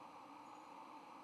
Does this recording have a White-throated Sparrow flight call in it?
no